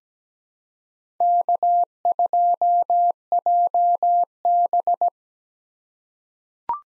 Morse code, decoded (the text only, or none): K2JB